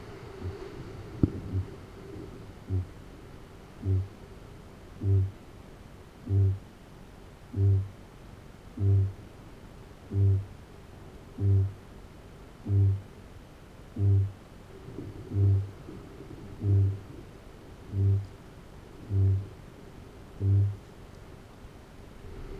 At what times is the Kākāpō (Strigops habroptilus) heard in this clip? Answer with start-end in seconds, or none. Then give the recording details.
0.32-1.77, 2.42-21.06. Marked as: faintness 4/5, faintness 2/5. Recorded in New Zealand. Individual Arab